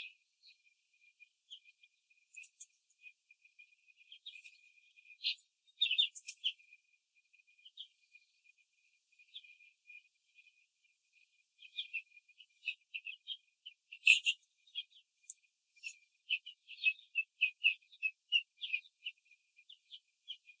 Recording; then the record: young laying hens in a cage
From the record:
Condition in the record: control cage, after the stress test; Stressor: none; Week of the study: 4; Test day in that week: 3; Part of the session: 4